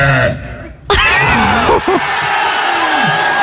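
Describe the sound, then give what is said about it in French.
A huge, deep, record-breaking burp, billed as the biggest in the world with the record set two weeks earlier, erupts abruptly and stretches on for over two seconds, rumbling with a wavering, gravelly pitch, as crowd noise fills the background. “On va écouter le plus gros roux du monde. Le record a été battu il y a deux semaines.”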